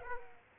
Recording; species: mosquito wingbeat signal from an infrared sensor; Aedes aegypti